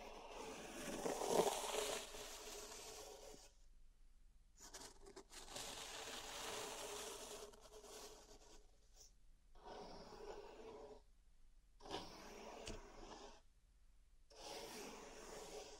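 Salt being raked in a zen garden makes grainy scraping strokes in several bursts, with short silent gaps between them and a louder swipe near two seconds.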